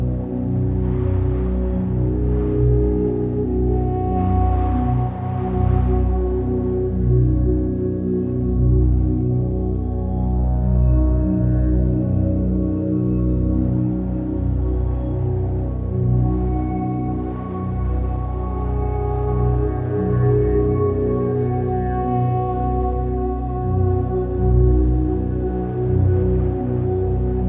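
Ambient music with a snowy-forest backdrop: deep, sustained low tones hold steady the whole way, layered with soft drawn-out pitches higher up. Faint airy swells rise and fade around five seconds and again near seventeen seconds, like gusts of wind.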